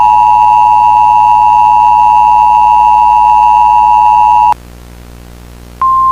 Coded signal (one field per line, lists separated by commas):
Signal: Emergency Alert System (SAME) tones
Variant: 853 and 960 Hz attention tone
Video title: EAS Scenario #4: Tornado Trouble: Redux.